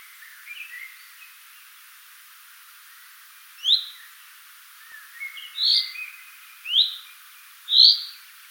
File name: Fringilla coelebs